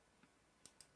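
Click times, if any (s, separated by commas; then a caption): 0.7 s, 0.8 s. During an arthroscopic repair, the black dial on a suture anchor inserter is turned to lock the suture into a bone anchor. Two sharp, bright snaps are heard at 0.7 s and 0.8 s, with a faint softer tick just before. The snap confirms the suture is seated and locked in the anchor.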